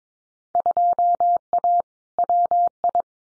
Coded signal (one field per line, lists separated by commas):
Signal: Morse code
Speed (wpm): 22 wpm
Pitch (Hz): 700 Hz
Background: none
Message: 2A WI